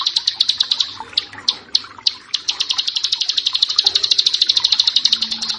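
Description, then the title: Prinia giving a rapid series of sharp, high chipping notes, sparse at first and then quickening into a dense, even run. "Ciblek Sawah"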